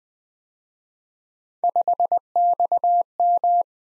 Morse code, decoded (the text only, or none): 5XM